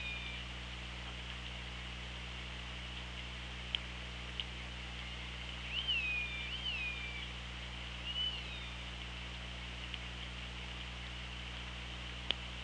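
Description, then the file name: Killer whale calls underwater, a few short rising and falling whistled tones around six to eight seconds, over steady hiss and low hum with occasional clicks. Recorded on the OrcaLab hydrophone, 24 August 2017, 17:20. "Orca Lab UTLN JASON 20170824 172058"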